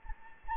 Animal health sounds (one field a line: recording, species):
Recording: mosquito wingbeat signal from an infrared sensor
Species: Anopheles gambiae